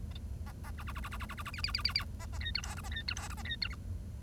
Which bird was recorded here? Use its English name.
Bengalese Finch